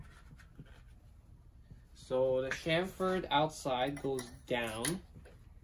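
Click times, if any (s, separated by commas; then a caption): none. During a full service of a Cane Creek Double Barrel Inline mountain bike rear shock, a seal or retaining ring with a chamfered outside edge is handled and oriented to go down into the shock body during reassembly. Low handling noise is heard at first, then someone talks from about 2.1 to 5.0 s, followed by a faint tick near 5.3 s. The part has not seated or clicked into place yet.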